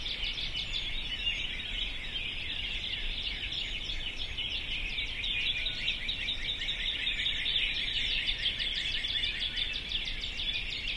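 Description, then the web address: Many birds chirping and trilling together without pause, a thick, even blanket of high twittering over soft background noise. "sounds djk sounds birds 0645 040905"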